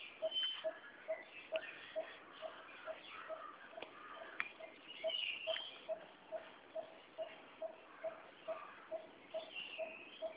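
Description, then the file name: Crimson-fronted barbet call: a low hollow note repeated steadily about twice a second, over a busy background of other sounds. "Megalaima rubricapilla"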